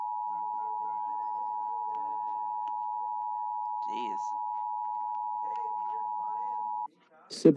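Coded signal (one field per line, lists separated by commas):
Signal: Emergency Alert System (SAME) tones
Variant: 853 and 960 Hz attention tone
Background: speech, music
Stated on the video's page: Fictional EAS scenarios.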